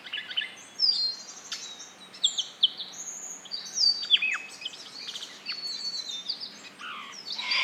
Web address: sound Yellow-throated-scrubwren. صدای-پرنده-خس-نشین-گلوزرد